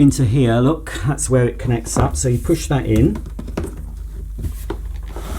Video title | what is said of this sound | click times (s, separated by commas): Dyson DC05 Motorhead Vacuum Cleaner Unboxing & First Look | should click I do it right hang on | none